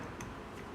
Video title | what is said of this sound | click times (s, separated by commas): Backpack Repair | hear that click perfect | 0.2 s